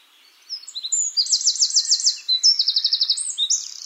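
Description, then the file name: Eurasian wren song fragment, starting with thin high notes and quickly breaking into two fast, ringing trills, delivered loudly and rapidly. "Troglodytes troglodytes"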